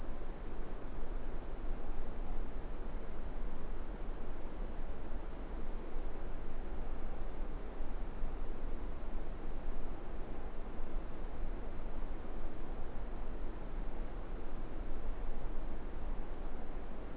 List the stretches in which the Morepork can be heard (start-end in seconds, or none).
none